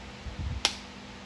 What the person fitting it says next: that's it snaps into place